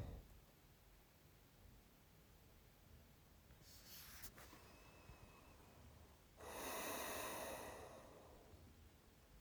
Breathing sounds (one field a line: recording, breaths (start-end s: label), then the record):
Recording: nose breathing near a microphone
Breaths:
4.40-6.21 s: inhalation
6.21-8.91 s: exhalation
From the record:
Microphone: phone